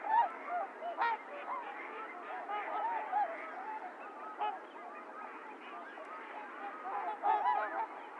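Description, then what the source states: Trumpeter swans calling together, a steady mass of nasal honks with a few louder bursts near the start and end. Several swans recorded 28 January 2022; low-cut filtered.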